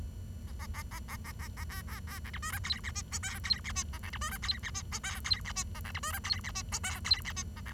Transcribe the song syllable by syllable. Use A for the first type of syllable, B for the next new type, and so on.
A A A A A A A A B B B C D E F G H I J K G H I A C D E F G H I J K G H I A C D E F G H I J K G H I A C